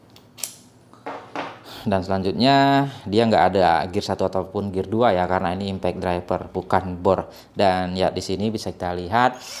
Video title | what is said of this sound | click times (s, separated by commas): ingco kini pakai USB type-C, mau nyaingin iphone kah? 😅 😅 - INGCO CIRLI12015 CORDLESS IMPACT DRIVER | modelnya ditarik aja ke atas seperti ini dan dimasukkan dia sudah mengunci sudah kuat | 0.4 s